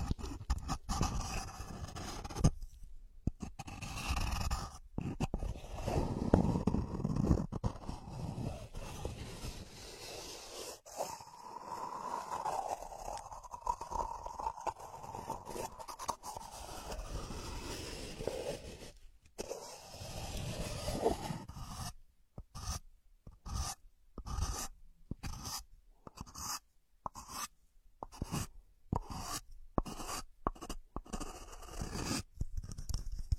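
Ear scratching with no voice: a dense, rustling scrape fills the first twenty seconds, with a slightly whistling rub running through the middle stretch. After about twenty seconds it turns into short, regular scratching strokes, roughly one per second, separated by brief silences.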